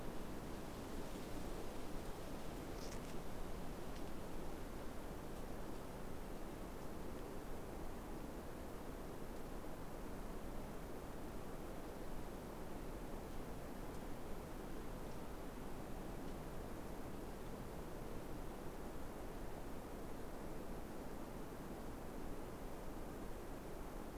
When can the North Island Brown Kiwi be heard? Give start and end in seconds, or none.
none